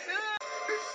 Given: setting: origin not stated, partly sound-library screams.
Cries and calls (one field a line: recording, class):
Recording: one-second piece from a danger detection set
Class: woman in danger